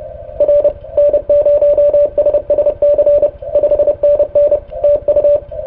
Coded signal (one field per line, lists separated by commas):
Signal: Morse code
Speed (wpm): 33 wpm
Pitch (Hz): 580 Hz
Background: radio noise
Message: R N0SSC 5NN TU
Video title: K5D de N0SSC on 30 meter CW